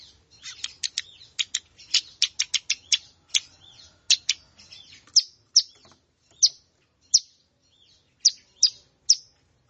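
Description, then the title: Plain prinia song: a dense burst of high chirps that slows into widely spaced single notes toward the end. "Ciblek Sawah"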